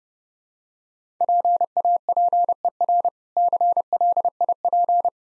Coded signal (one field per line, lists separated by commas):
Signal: Morse code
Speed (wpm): 30 wpm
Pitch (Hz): 700 Hz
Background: none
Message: PAPER CLIP